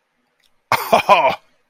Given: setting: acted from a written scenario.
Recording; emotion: vocal sound without words; awe